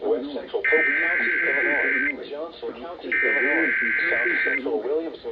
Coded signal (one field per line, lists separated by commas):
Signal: Emergency Alert System (SAME) tones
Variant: header bursts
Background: speech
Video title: EAS #995 - #997 Severe Thunderstorm Warnings